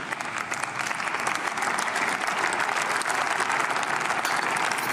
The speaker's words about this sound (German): Bloß Applaus.